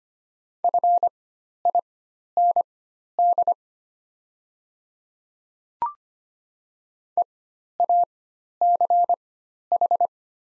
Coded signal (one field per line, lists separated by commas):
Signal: Morse code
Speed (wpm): 25 wpm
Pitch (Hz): 700 Hz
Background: none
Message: FIND EACH